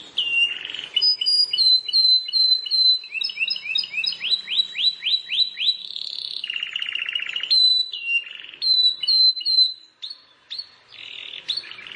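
Plain prinia singing rapid high chirps, a run of rising upsweeps, a short buzzy trill, then spaced chirps with a brief quiet gap near the end.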